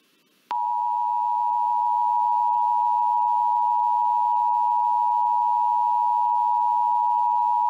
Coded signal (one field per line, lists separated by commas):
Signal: Emergency Alert System (SAME) tones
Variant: 853 and 960 Hz attention tone